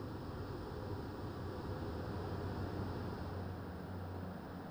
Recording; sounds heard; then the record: poultry house recording; no chicken sound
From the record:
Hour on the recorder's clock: 23